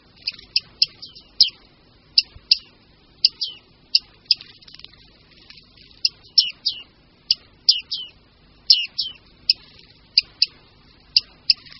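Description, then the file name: Bearded reedling calls: sharp, high metallic pings, single or paired, repeated irregularly about twice a second against quiet background. "Sýkořice-vousatá"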